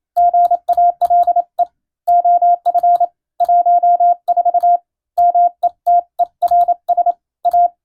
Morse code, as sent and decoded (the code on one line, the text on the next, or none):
--. .- .-.. . / --- ..-. / .---- ....- / -- . - . .-. ... / .-
GALE OF 14 METERS A